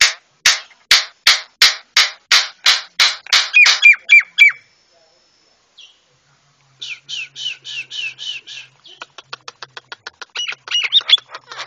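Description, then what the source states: Javan myna song: a rapid run of loud, harsh repeated notes, then a pause, then buzzy phrases and a fast series of clicks. Javan myna (jalak kebo, white-eyed form) masteran song, used to tutor cage birds.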